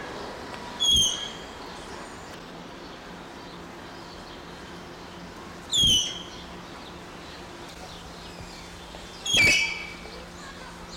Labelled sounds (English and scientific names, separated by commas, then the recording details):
Malayan Tapir (Tapirus indicus) call
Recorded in captivity
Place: Zoo Berlin, Berlin, DE
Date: 1992-10-24 11:14
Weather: bedeckt, 4-6°C
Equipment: Marantz CP 430, Sennheiser ME 80, Kopie Tesla B 116
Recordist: Tembrock, Günter